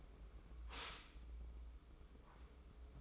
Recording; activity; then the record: daily activity, microphone in the room; stop toaster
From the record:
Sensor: 1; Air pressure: 995.4 hPa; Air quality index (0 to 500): 25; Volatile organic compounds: 0 ppm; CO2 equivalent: 502 ppm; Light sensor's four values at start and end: 17/57/21/23 and 17/58/21/23